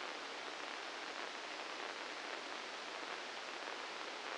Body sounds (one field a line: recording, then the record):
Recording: brain microelectrode recording played as sound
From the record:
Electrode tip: inside the subthalamic nucleus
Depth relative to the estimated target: -1 mm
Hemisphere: left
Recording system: NeuroSet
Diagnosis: Parkinson's disease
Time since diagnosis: 9 years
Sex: male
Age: 61 years